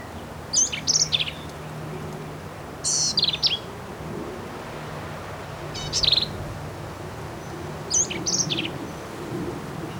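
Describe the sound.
Black-capped vireo singing four separate complex phrases about two seconds apart, each a quick jumble of high buzzy and sharp notes, with a low hum behind.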